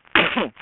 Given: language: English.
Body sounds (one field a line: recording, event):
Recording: throat vibration sensor signal played as sound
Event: cough